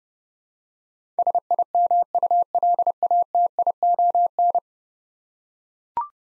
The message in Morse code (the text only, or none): SIMULATION